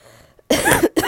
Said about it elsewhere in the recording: You hear that cough? That's why I need to stop smoking that vape. It's really, really bad.